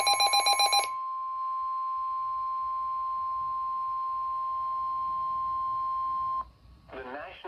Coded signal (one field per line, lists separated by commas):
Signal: Emergency Alert System (SAME) tones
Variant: 1050 Hz attention tone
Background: speech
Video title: Severe thunderstorm Warning On NOAA Weather Radio